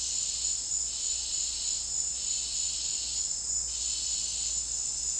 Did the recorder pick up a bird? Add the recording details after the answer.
no. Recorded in dense forest near Puerto Asís, Putumayo, Colombia, on 9 March 2025 at 16:30. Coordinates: 0.499, -76.324. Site GP03